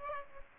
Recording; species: mosquito wingbeat signal from an infrared sensor; Aedes aegypti